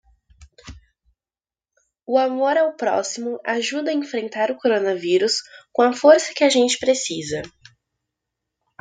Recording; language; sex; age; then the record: spoken sentence; Brazilian Portuguese; female; 20 to 29 years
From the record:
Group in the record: control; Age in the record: 20 years